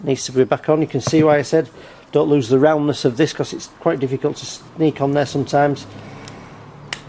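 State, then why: Seated. A plastic tube is pushed back onto its fitting on the carburettor of a McCulloch M40-450C series petrol lawnmower engine during reassembly. A man talks for most of the clip, then a quieter pause follows with a small tick at 6.3 s. A sharp click at 6.9 s shows the tube seating in place.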